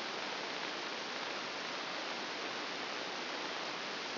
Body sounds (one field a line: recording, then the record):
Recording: brain microelectrode recording played as sound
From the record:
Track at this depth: inside the subthalamic nucleus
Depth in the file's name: 4.663 mm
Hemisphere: left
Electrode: 2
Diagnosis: Parkinson's disease